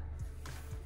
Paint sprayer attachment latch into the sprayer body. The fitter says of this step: and then twist it and this little latch will click into place like that